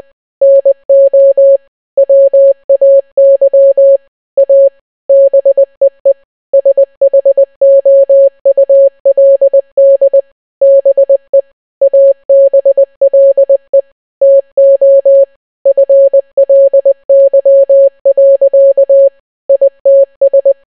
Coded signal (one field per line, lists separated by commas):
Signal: Morse code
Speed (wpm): 20 wpm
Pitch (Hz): 550 Hz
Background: none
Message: NO WAY A BEE SHOULD BE ABLE TO FLY. ITS